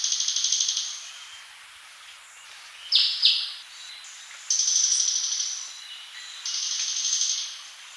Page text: Crested Jay Calls - Quick Sounds